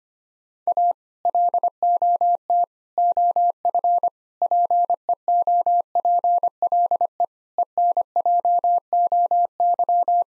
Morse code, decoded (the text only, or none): A LOT OF PEOPLE ENJOY